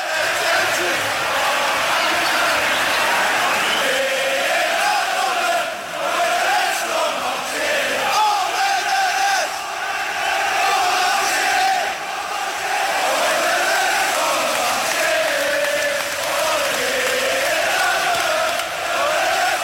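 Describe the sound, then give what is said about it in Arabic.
A large stadium crowd of Liverpool fans roars and shouts continuously after Mohamed Salah scores a goal, a dense wall of voices that surges in waves of chanting and cheering, staying loud throughout with brief dips. “ونشوف الجماهير المخلصة في ليفربول عملت إيه بعد محمد صلاح لما أحرز الهدف.”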